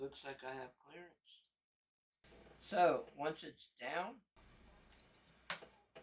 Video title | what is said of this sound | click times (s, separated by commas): Phantom Gaming X Ryzen 7 3800X AM4 Build | it is it clicked right in now | 5.5 s